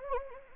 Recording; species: mosquito wingbeat signal from an infrared sensor; Anopheles gambiae